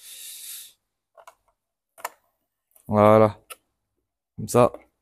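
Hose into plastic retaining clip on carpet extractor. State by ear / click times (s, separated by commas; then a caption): not seated / none. A hose is being handled toward the plastic retaining clip on a Dustgo carpet extractor, where it is meant to be clipped so it does not drag. A hiss is followed by a few faint clicks and handling taps, and someone talks. Nothing has seated or clicked yet.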